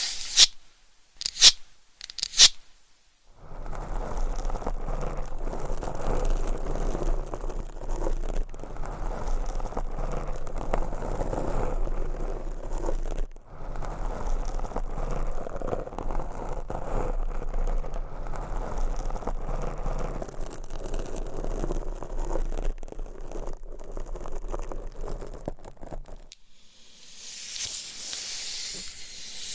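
Scratching and tapping on various items, opening with a few sharp taps in the first three seconds. A dense, steady scratching texture then runs until about 26 seconds, broken by a brief pause near 13 seconds, before giving way to a soft, airy hiss.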